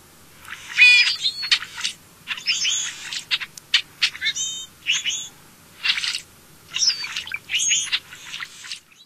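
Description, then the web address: Brewer's blackbird song: bursts of creaky, squeaky notes and short harsh chips, irregular and chattering, repeated across the whole stretch. "Songs of Birds of North America Stokes. Brewers Blackbird"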